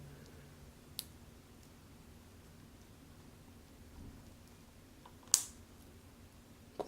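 A steel bracelet clasp on a Rolex olive green OP watch, three years into use, is closed again in its long (extended) position. A faint tick is heard near 1.0 s, then a sharp metallic click at 5.3 s as the clasp locks, followed by a softer tick near 6.8 s. The clasp is seated and holds firm.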